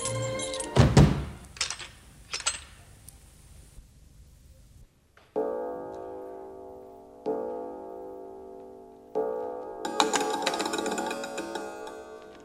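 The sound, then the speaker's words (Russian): Doors slam shut with a few heavy, loud thuds in quick succession, followed by several sustained, steady tonal groans and a final burst of rough clattering noise. No one speaks. “Закрывайте скорее двери.”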